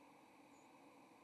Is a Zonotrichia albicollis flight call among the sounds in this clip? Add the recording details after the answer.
yes. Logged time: 06:53 on 30 October 2014